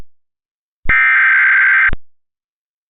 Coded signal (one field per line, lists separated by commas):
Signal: Emergency Alert System (SAME) tones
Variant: header bursts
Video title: EAS Mock: Please no